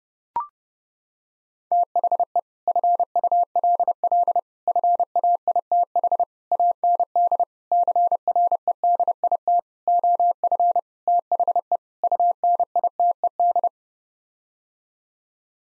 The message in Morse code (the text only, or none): THE FULL FAITH AND CREDIT OF THE UNITED